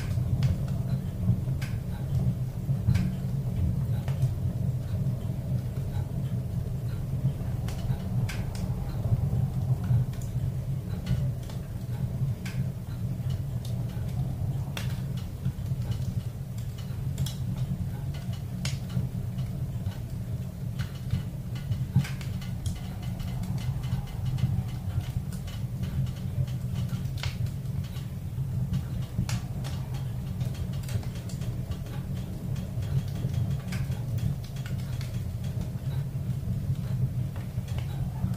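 A roaring fire fills the clip with a steady, dense low rumble that holds level for the whole length. Sharp crackles and pops break through often and irregularly, with a faint ticking like a clock running underneath.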